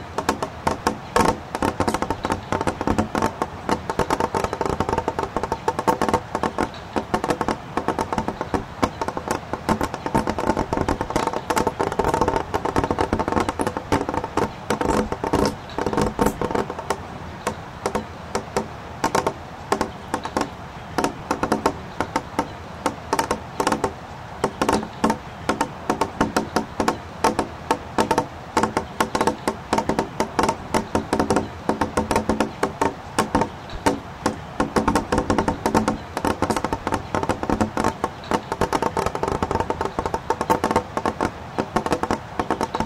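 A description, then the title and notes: Water trickles and drips through snow in a steady, busy patter of small wet ticks that never pauses. The drops are fast and irregular, layered over a soft continuous wash, with no other sounds standing out across the whole stretch. The gentle sound of water trickling and dripping through the snow.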